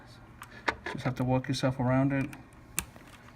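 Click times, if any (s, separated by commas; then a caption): 2.8 s. A replacement charging port is worked into its tight opening in the plastic shell of a balance board while someone talks, with small handling taps early on. A sharp click at 2.8 s marks the port snapping into the shell, seated.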